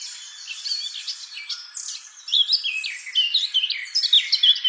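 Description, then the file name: Eurasian blackcap song, quiet scratchy warbling that swells into a burst of bright, clear whistled notes in the last two seconds. "Sylvia atricapilla"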